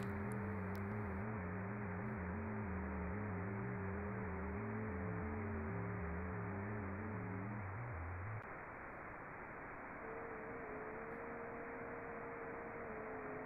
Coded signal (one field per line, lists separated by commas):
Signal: FT8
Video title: 241: Exploring Creepy Radio Signals